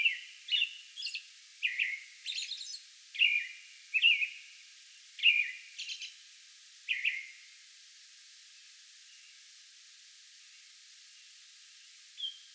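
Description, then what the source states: American robin song: a burst of warbled caroling phrases mixed with high squeaky notes over about seven seconds, then a long quiet pause before one more phrase near the end. Song bout recorded May 11.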